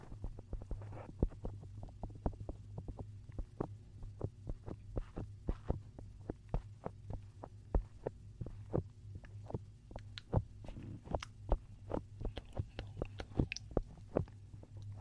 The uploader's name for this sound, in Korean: 탈지면으로 귀를 자극해주는 소리